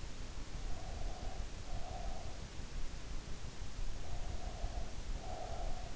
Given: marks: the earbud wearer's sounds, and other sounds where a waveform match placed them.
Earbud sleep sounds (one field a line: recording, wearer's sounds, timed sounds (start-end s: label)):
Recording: sounds in sleep by an in-ear microphone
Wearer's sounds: breath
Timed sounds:
0.64-2.45 s: breath
4.13-5.88 s: breath